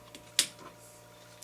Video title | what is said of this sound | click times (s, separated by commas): Building the HPI Baja SS Tutorial Video #65 | That's what it looks like when it's in and locked into place. | 0.4 s